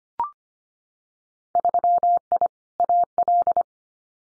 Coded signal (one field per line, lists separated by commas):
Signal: Morse code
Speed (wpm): 25 wpm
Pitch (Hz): 700 Hz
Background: none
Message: 3I AL